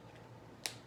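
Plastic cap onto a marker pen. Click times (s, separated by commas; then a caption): 0.7 s. A plastic cap is pushed onto a felt-tip marker after drawing and clicks shut, seated, at 0.6 s. The click is a single sharp, bright snap over a quiet background, with a brief fading tail.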